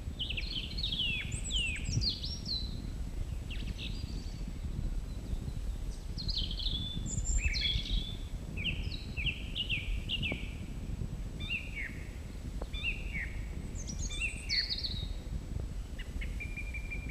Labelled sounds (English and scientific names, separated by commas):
Song Thrush (Turdus philomelos) song